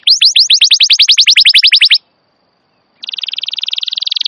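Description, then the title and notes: Atlantic canary singing a long run of quick rising whistled notes, then an one-second silence followed by a fast, buzzy, evenly pulsed trill. Wild canary song, described as long, vigorous continuous singing, used as a master recording to lure or train canaries. "Pikat Kenari GACOR PANJANG INI Cocok Untuk Masteran KENARI LIAR. Masteran burung kenari gacor parah"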